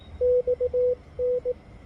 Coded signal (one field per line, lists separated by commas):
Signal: Morse code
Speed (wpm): 20 wpm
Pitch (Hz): 500 Hz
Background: none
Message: XN